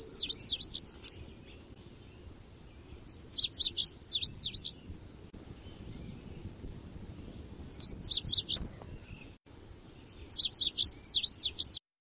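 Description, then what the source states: Indigo Bunting song, high bright phrases of quick paired notes about one to two seconds long, repeated four times with pauses of varying length between them. Song stepping down like stairs with distinctive jingling paired notes, remembered as 'fire, fire, where, there, there, put it out'.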